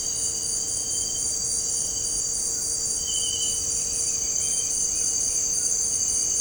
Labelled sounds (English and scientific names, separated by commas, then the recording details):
none
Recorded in dense forest near Puerto Asís, Putumayo, Colombia, on 13 March 2025 at 18:00
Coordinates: 0.467, -76.328
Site G041